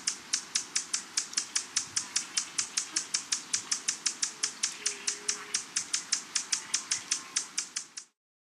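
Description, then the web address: Buff-bellied Hummingbird giving dry, high ticking call notes, sharp clicks repeated steadily, with no other clear sounds. "Songs of Birds of North America Western USA Songbirds. Buff-bellied Hummingbird"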